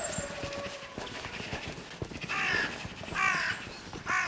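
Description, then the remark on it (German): Two roosters, one higher-voiced and one lower-voiced, crow in a few harsh, strained bursts, with another crow starting at the very end, over a background of faint tapping and clicking. “Scheinen zwei zu sein. Der helle und der dunkle Hahn, also von der Stimmlage her, egal.”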